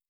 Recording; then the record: hydrophone in a shrimp aquaculture tank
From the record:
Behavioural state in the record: stressed